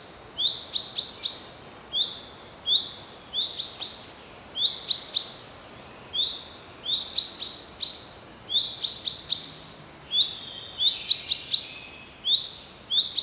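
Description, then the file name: Common chaffinch giving short, sharp rising notes, each ending in a clicky metallic tick, some single and some in quick runs of several. "Fringilla coelebs"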